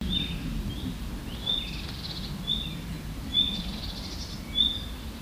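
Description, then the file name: Common nightingale giving several short, high whistled notes at irregular intervals over a low steady background rumble. "Luscinia megarhynchos"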